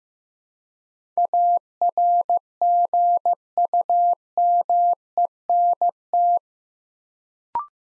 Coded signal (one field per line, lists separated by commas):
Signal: Morse code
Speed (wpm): 15 wpm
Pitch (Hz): 700 Hz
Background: none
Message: ARGUMENT